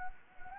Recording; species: mosquito wingbeat signal from an infrared sensor; Anopheles gambiae